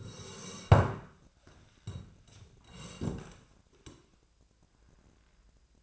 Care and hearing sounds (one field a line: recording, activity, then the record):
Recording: daily activity, microphone in the room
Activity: sit down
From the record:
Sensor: 2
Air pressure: 1012.2 hPa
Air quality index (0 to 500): 164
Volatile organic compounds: 2 ppm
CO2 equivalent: 1201 ppm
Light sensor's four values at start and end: 76/169/80/98 and 58/138/62/70